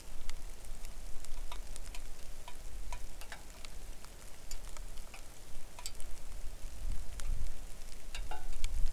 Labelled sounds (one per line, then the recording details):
rain
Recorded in the Arctic National Wildlife Refuge, Alaska, on 3 August 2019 at 09:34
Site 41